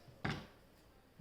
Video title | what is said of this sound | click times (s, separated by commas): How To Build a Computer | and you slide it in and firmly press till you hear two clicks | 0.2 s